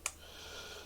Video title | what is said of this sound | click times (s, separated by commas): Motorcycle riding gear. Waist Pack. #motorcycle #motorcyclegear | click it you're going to hear a positive click | 0.1 s